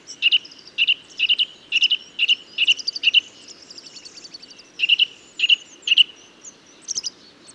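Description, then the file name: Eurasian nuthatch calling with loud, ringing repeated notes, pausing midway while faint high twitters carry on, then resuming with a few more notes. "Sitta europaea"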